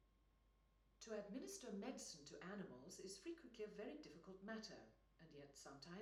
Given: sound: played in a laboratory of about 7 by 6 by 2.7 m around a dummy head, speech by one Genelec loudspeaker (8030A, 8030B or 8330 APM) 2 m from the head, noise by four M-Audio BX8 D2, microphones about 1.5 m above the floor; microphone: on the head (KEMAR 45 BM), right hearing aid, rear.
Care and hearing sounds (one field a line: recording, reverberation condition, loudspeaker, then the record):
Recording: female speech in English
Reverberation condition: medium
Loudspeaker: 60 degrees to the right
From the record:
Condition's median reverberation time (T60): about 510 ms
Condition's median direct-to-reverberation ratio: about -0.5 dB